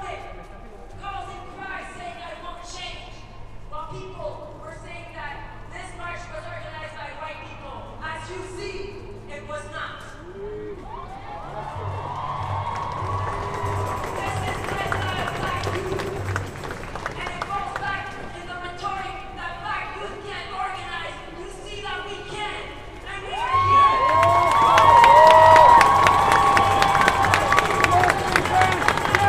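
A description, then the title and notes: Street protest march with overlapping crowd voices and shuffling feet, a steady low rumble, growing louder and denser near twenty-four seconds. Protest Ambience. The sounds of the streets during yesterday’s march/protest.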